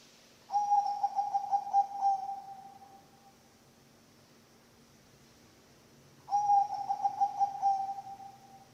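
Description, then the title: Zebra dove cooing song: two pulsed, mid-pitched trilling coos, each about two and a half seconds, the second starting roughly six seconds after the first, over quiet background hiss. Bangkok-type zebra dove (perkutut bangkok) song, intended as masteran training audio for other birds and as a lure (pancingan). "mster Mnuk. SUARA OCEHAN BURUNG PERKUTUT BANGKOK Untuk MASTERAN dan PANCINGAN"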